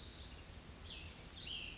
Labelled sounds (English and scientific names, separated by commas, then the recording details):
Cassin's Vireo (Vireo cassinii)
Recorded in Sonoma County, California